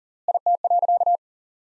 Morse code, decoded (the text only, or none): IT.